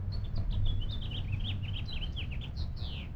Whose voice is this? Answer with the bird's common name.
House Finch